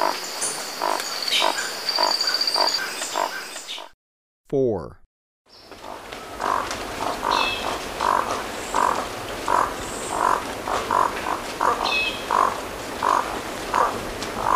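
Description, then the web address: Crimson-rumped toucanet calling with a steady series of hoarse, croaking notes, a little over one per second. A brief break interrupts it. Recorded in Ecuador. "Birds of Ecuador Crimson-rumped Toucanet"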